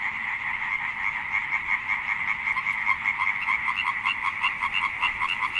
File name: chant rainette ok fort avec fond sonore choeur rainette